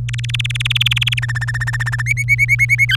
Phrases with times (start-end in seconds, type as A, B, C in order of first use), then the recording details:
0.09-1.20 A, 1.22-2.02 B, 2.06-2.96 C. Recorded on 23 April 2018 at 17:41. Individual llb3